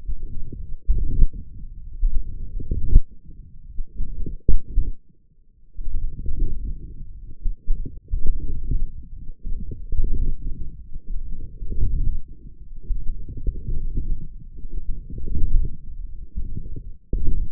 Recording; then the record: forearm muscle sounds (acoustic myography)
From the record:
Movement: forearm pronation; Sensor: system 1, eight BSWA MPA416 microphones around the upper forearm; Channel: 5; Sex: male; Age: 21 years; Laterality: right